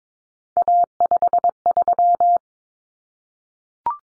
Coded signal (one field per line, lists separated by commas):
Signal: Morse code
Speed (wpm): 22 wpm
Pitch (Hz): 700 Hz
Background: none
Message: A53